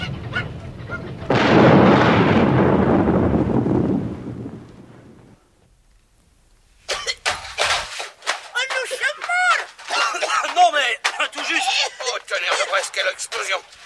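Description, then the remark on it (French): Practice firecrackers go off inside a tank turret, set off by a match, in a loud, booming rush of crackling blasts lasting several seconds before dying away, followed by a pause and then people talking. “Oh, excusez-moi, je ne pensais plus à ces maudits pétards d'exercice.”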